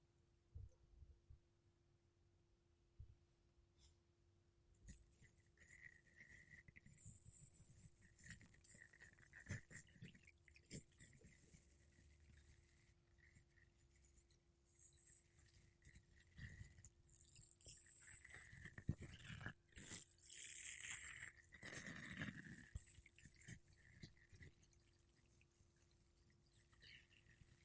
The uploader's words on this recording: ASMR Mic Brushing Using Makeup Brushes and Sponge (No Talking).